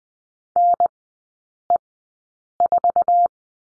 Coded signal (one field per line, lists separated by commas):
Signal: Morse code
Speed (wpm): 20 wpm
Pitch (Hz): 700 Hz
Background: none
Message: NE4